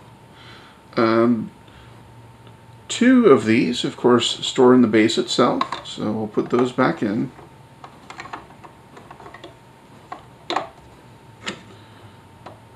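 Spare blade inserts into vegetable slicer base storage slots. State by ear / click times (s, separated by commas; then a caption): seated / 10.5 s. Someone talks, then two spare plastic blade inserts are pushed back into the storage slots in the base of a Mealthy 5-blade spiralizer vegetable slicer with catch-and-store container. Light plastic taps follow, and a sharp click at 10.5 s marks the inserts seating in place.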